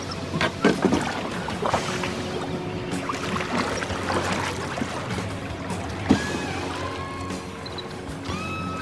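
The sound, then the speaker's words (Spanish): A woman rows a boat out to sea at midnight; oars dip and splash through the water in an uneven rhythm, with soft lapping in between and a few rising, squeaky creaks toward the end. No one speaks. “En la orilla estaba anclado el bote que pertenecía al hospedaje, y sin pensar se subió a este y remó mar adentro.”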